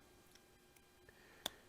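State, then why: Seated. Lead came is pulled around the inside curve of a glass piece, its channel fitted onto the curved glass edge, and pushed back in. A few faint ticks come first, then a sharp, bright snap at 1.5 s as the came seats inside the curve, wrapped nice and tight.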